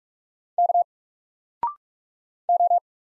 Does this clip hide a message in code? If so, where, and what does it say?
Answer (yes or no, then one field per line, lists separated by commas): yes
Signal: Morse code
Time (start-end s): 0.6-2.8 s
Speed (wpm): 46 wpm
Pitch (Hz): 700 Hz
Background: none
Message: K O